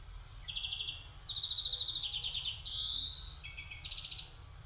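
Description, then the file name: European greenfinch song: a string of fast trills at shifting pitches, then a loud rising wheezy buzz, then more trilling. "Chloris chloris"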